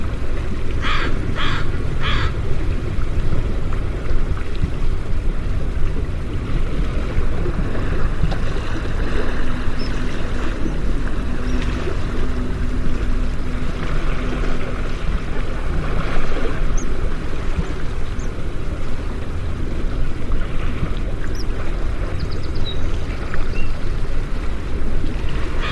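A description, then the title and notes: A steady, heavy rush of river water fills the clip with a dense low roar that never lets up. Near the start a bird gives three quick, bright calls, and a few faint chirps surface over the water later on. Morning Bird Songs and River Music.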